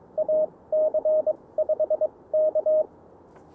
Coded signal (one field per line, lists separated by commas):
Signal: Morse code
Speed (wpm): 22 wpm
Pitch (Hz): 620 Hz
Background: none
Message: AC5K